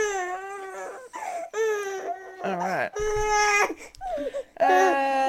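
An infant cries in repeated bursts while being switched from one breast to the other during breastfeeding.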